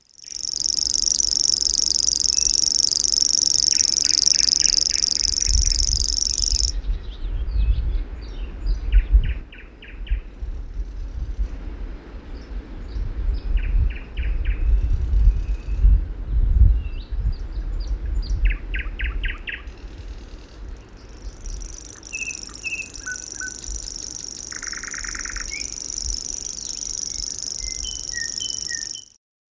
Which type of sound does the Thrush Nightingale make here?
song